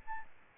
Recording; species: mosquito wingbeat signal from an infrared sensor; Aedes albopictus